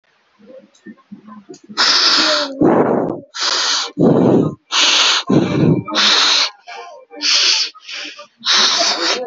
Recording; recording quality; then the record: shallow breathing; excellent, no background noise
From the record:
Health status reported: healthy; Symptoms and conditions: fever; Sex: male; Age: 23 years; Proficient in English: yes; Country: India